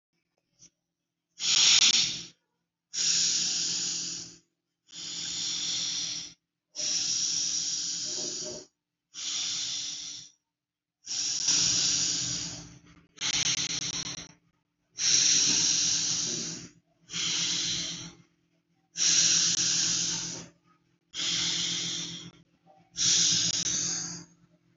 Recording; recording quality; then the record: deep breathing; excellent, no background noise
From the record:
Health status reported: healthy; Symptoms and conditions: none ticked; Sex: male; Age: 18 years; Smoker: not ticked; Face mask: not worn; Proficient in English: yes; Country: India